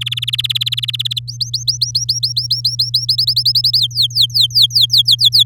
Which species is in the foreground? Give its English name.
Domestic Canary